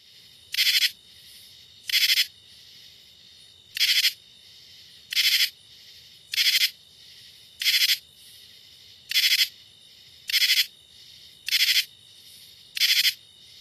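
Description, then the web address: Common true katydid repeating short raspy bursts at a steady pace, ten in all. North America. "Songs of Insects. Common True Katydid"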